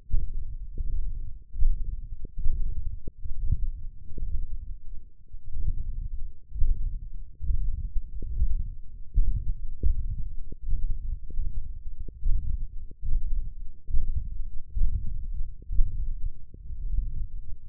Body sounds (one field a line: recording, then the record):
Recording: forearm muscle sounds (acoustic myography)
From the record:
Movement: hand opening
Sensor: system 1, eight BSWA MPA416 microphones around the upper forearm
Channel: 2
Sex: male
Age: 21 years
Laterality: right